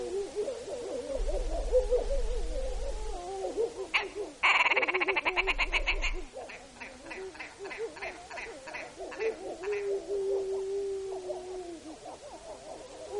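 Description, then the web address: Wolf howls as low, wavering, drawn-out tones. A loud harsh pulsed burst breaks in midway, then a long steady howl follows near the end. Recorded in Alaska on 2 April 2015, about 09:30. "Wolves"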